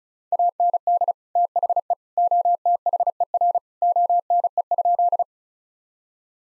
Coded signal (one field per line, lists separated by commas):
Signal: Morse code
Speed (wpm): 36 wpm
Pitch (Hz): 700 Hz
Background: none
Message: AND THE OTHER ONE?